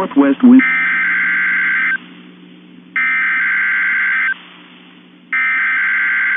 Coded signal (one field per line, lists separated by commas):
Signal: Emergency Alert System (SAME) tones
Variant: header bursts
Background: speech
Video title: EAS #2079-2080 - EXTREME WIND WARNING on NOAA Weather Radio KIH24 and WJON IP for Hurricane Helene